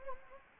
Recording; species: mosquito wingbeat signal from an infrared sensor; Anopheles gambiae